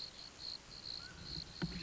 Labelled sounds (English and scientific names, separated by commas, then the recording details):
Mountain Quail (Oreortyx pictus)
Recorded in Sonoma County, California